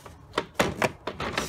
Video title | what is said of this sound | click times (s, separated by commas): BMW 2007 X5 4.8 Thermostat replace | Snaps right in there. | 0.4 s, 0.6 s